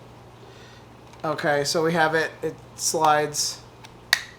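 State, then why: Seated. A battery grip accessory is lined up on a VR headset controller and slid on while someone talks. A sharp click at 4.1 s marks it clicking into place, and the grip is seated on the controller.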